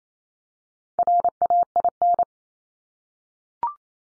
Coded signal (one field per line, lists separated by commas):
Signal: Morse code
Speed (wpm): 28 wpm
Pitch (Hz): 700 Hz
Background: none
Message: RAIN